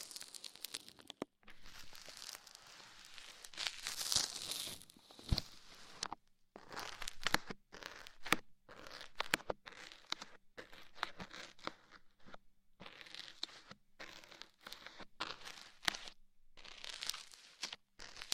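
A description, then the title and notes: Crackly rustling of ear cleaning, like something rubbing and scratching. The crinkling comes in dense bursts and short pops, broken by brief silences, with brighter scratchy patches around the fourth and seventeenth seconds. ASMR Sleep - Ear Cleaning For Endless Tingles! No Talking.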